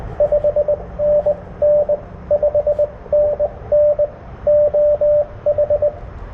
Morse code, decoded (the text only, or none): 5NN 5NN OH